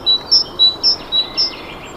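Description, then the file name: Great tit giving several quick alternating high and lower whistled notes in a seesaw pattern, with soft background hiss. "Parus major"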